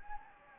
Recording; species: mosquito wingbeat signal from an infrared sensor; Anopheles gambiae